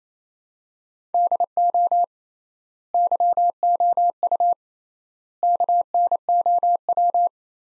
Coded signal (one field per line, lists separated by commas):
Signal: Morse code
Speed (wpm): 28 wpm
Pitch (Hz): 700 Hz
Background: none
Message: DO YOU KNOW